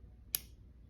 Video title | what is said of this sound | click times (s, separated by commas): Gucci Ophidia Key Case | and you hear that click so that's how you know it's secure and it's not moving | 0.4 s